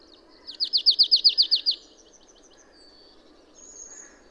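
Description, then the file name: Marsh tit giving a fast series of high, downslurred notes, followed by fainter thin high sounds amid soft background noise. "Poecile palustris"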